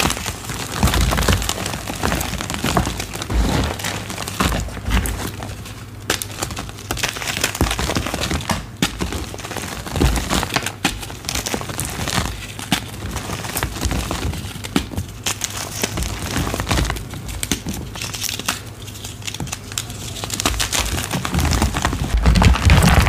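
Chalk is crushed and worked with baby oil in a continuous stream of crumbling, crinkling and squishing. Dense gritty crackles and small snaps run throughout with a steady low rumble beneath, and the pressing grows louder and thicker near the end.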